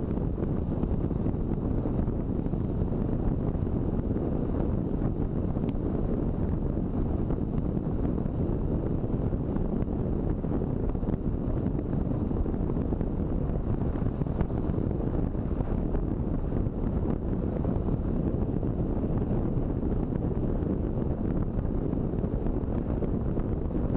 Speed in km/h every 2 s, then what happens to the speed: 39, 40, 40, 41, 41, 41, 42, 42, 42, 42, 43, 43.
0-24 steady at about 41.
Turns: none.